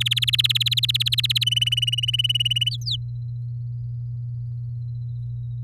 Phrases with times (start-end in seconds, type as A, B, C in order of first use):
0.00-1.44 A, 1.46-2.69 B, 2.71-2.96 C